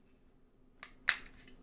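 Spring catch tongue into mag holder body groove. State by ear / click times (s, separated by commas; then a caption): seated / 1.1 s. A spring catch tongue on a 3D-printed plastic mag holder is tilted into its groove in the holder body and pushed in by hand. A faint tick at 0.8 s comes just before a sharp, bright click at 1.1 s as the catch seats in the groove.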